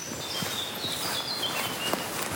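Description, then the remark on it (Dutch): Faint, high warbling song of blackcaps and garden warblers trickles through a steady outdoor hiss in a damp forest in July after some rain, with soft crunching footsteps underneath and no one speaking. “Je hoort nu toch, ondanks dat het juli is, zwartkop tuinfluiten zitten overal.”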